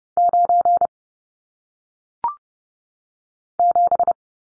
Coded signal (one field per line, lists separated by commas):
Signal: Morse code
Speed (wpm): 30 wpm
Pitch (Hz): 700 Hz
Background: none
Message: 9 7